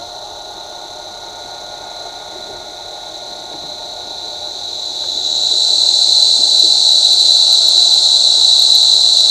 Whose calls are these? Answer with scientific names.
none